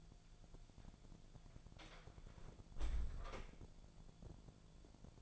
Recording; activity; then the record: daily activity, microphone in the room; close door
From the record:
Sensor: 5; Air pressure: 1000.6 hPa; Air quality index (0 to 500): 156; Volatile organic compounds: 2 ppm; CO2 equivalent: 1205 ppm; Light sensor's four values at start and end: 47/111/46/49 and 47/111/46/49